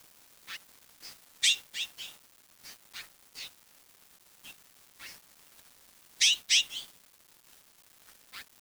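Bird calls, short high chirps in irregular bursts, some doubled and louder, spread throughout against a quiet background.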